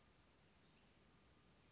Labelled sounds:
Western Flycatcher
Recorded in Sonoma County, California

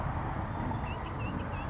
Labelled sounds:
California Towhee
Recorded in Sonoma County, California

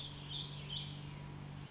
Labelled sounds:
Warbling Vireo
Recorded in Sonoma County, California

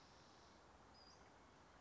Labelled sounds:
Western Flycatcher
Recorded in Sonoma County, California

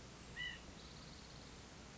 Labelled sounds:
White-breasted Nuthatch
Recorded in Sonoma County, California

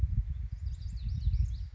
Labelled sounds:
Lazuli Bunting
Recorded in Sonoma County, California

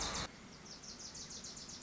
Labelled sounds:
Wilson's Warbler
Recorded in Sonoma County, California

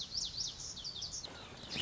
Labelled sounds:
Lazuli Bunting
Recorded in Sonoma County, California

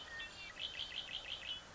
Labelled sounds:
Red-winged Blackbird
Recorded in Sonoma County, California

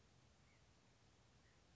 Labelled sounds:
White-breasted Nuthatch
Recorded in Sonoma County, California

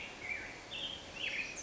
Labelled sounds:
Black-headed Grosbeak
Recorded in Sonoma County, California

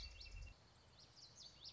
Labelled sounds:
Common Yellowthroat
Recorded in Sonoma County, California

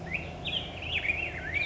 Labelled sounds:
Black-headed Grosbeak
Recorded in Sonoma County, California

